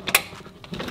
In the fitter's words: I heard it oh did you hear that yeah I heard it click